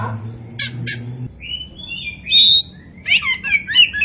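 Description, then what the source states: Oriental magpie-robin: two sharp notes, then drawn-out whistles and a fast twittering phrase, with a low hum at the start. Kacer poci form; described as gacor, an Indonesian term for a bird singing actively and constantly.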